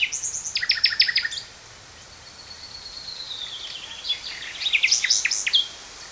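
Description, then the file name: Common nightingale song: rapid repeated buzzy notes, a long thin whistle gliding slowly downward, then a burst of sharp rising and falling phrases. "XC Nachtegaal - Luscinia megarhynchos"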